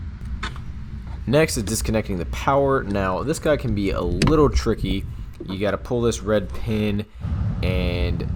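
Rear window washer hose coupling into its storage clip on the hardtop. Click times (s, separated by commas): 0.4 s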